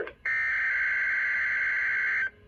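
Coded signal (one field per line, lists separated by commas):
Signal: Emergency Alert System (SAME) tones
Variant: header bursts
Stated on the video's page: Required weekly tests from WXL50 and WNG706.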